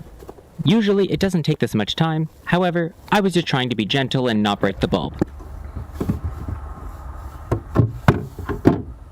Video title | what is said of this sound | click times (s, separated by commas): The MediaPlex Insider // Tuesday, March 3rd 2026 | Now that your bulb is back in its socket, it is pushed into the housing and locked in place, | 8.1 s